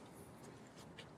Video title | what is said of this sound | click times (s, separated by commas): Exterior Airstream Orientation | now it's pretty secure it's not going to go or retract back after this is locked into place | 1.0 s